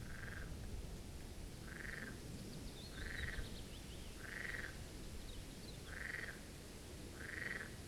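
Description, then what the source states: Marsh frogs croaking in short buzzy rattles, about one every one to one and a half seconds, over steady low background noise and faint bird twittering. Chorus of marsh frogs at the Birkensee in Schönbuch, Germany, recorded on one of the first proper hot days of summer 2023.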